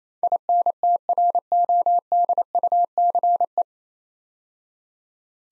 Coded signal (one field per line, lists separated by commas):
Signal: Morse code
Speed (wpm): 29 wpm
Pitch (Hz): 700 Hz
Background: none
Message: INTRODUCE